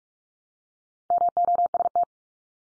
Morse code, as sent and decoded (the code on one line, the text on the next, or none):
-- --- ... -
MOST